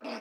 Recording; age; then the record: pig call; piglet (1 to 25 days)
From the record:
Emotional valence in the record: negative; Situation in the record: restrain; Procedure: in the arms of a person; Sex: female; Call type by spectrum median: low-frequency call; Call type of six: low-frequency stable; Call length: 0.22 s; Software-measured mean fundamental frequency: 82 Hz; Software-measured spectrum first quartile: 476 Hz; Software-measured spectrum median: 915 Hz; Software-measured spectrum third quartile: 2553 Hz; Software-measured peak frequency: 633 Hz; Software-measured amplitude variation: 124 dB a second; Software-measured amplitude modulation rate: 16.1 a second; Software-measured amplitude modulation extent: 7.7 dB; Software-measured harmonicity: 1.8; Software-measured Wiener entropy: -1.24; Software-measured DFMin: 1470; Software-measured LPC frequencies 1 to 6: 624, 2573, 3392, 4655, 4995, 8583 Hz